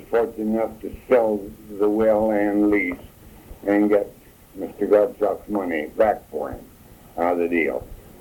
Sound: none

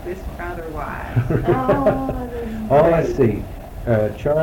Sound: laughs

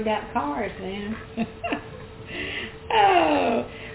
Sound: laughter

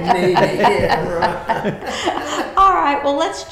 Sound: laughter

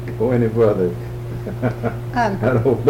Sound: laughs

